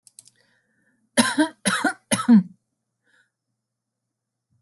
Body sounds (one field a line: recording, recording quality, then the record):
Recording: shallow voluntary cough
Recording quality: excellent, no background noise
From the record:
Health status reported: respiratory illness, not identified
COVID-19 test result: negative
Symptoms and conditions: cough, asthma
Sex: female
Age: 46 years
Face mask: not worn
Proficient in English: yes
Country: France